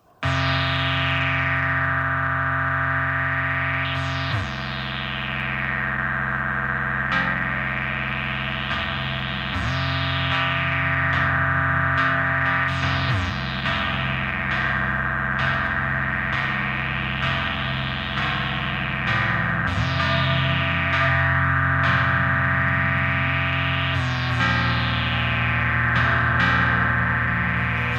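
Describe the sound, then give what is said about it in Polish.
Electronic film soundtrack music played on an ARP synthesizer from magnetic tape, with sustained, buzzing chords that shift every few seconds, while a steady filtered sweep rises and falls in repeating arcs over a dense noise layer forming the main mass of the piece. “Gdy w obrazie pojawiały się wielkie dźwigi, suwnice, płonący koks i wytop stali, bądź też zagmatwane labirynty rur współczesnej chemii, wszędzie tam odzywał się nasz przyjaciel arp ze zmagnetyzowanej taśmy.”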